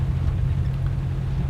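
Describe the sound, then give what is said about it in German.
A steady, deep rumble of a car driving through traffic in the rain, with a soft wash of hiss layered over it, holding an even loudness throughout with no voices. “Der Verkehr ist entsetzlich bei so einem Regen.”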